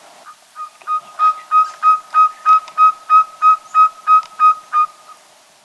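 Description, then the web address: Andean pygmy owl calling a quick, even run of about fourteen soft whistled toots that swell in loudness, then stop. Ecuador, South America. "Natures Songs S America Birds of Ecuador Andean Pygmy Owl"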